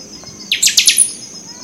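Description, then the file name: Buffy-fronted seedeater singing a brief phrase of several fast, sliding notes over a continuous high, insect-like whine. Recorded at Itanhaém, São Paulo, Brazil, on 31 October 2014. "Sporophila-frontalis 1-RPreto-Itanhaem SP-BR-31-10-14"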